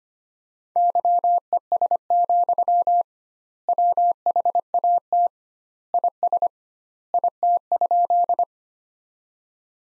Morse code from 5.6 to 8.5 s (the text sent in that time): IS IT?